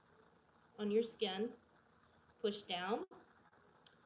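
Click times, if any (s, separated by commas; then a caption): 3.9 s. An auto-injector pen is held straight against pinched skin, and someone talks while pushing the button at the top to start the injection. The pen gives one short, sharp click at 3.9 seconds, confirming it has fired.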